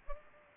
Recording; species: mosquito wingbeat signal from an infrared sensor; Anopheles arabiensis